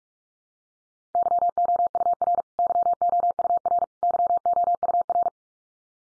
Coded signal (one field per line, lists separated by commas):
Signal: Morse code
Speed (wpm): 44 wpm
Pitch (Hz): 700 Hz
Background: none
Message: YOUR YOUR YOUR